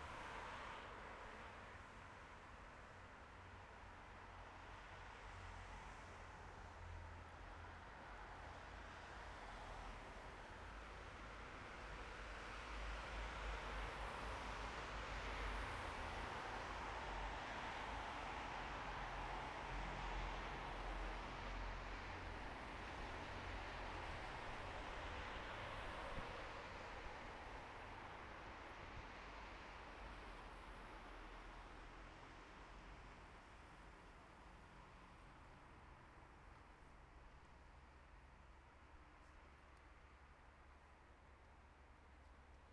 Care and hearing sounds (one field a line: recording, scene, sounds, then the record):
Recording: everyday scene through a hearing-aid microphone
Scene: in traffic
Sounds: traffic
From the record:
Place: bus stop on a city main road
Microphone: behind the ear, right, front